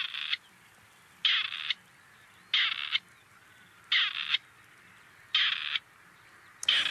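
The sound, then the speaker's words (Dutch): A bird repeats a harsh, raspy call about six times at a steady rhythm, each burst lasting under half a second with short pauses between, over faint background hiss. “En als we de vogel niet zien, dan hopen we hem wel nog te horen. En we hebben even opgezocht hoe dat dan klinkt.”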